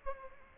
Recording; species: mosquito wingbeat signal from an infrared sensor; Culex quinquefasciatus